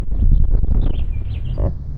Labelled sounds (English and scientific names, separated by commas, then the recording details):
House Finch (Haemorhous mexicanus) song
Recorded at Point Lookout on Long Island, New York, on 2 June 1975
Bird B